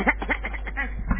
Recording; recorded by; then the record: voluntary cough; telephone call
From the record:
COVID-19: positive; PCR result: checked with the laboratory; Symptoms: no